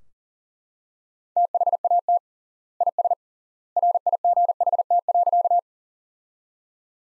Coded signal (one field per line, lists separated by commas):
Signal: Morse code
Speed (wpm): 40 wpm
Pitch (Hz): 700 Hz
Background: none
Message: THAT IS RIGHT.